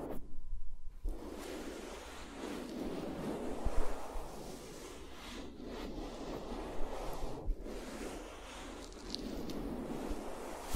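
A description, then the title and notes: Fingers moving around microphones make a dense, continuous rubbing and rustling, mostly mid-pitched with a low rumble underneath. A hushed first second gives way to the steady texture, broken only by brief dips near 5.5 and 7.5 seconds. No voice is heard. ASMR with Mics Around My Fingers (No Talking).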